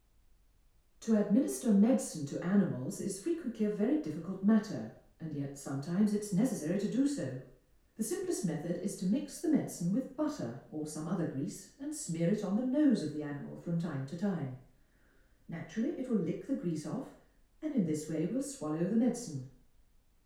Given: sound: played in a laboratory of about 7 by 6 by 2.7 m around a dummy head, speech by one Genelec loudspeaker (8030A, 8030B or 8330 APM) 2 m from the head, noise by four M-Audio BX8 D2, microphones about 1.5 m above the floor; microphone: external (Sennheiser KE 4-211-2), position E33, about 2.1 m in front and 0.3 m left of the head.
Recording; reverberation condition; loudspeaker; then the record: female speech in English; medium; 90 degrees to the right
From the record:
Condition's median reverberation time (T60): about 510 ms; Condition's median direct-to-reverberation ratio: about -0.5 dB